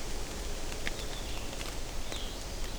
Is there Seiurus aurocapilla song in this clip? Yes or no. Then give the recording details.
no. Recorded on 24 June 2016 at 07:38. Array SBT-6-76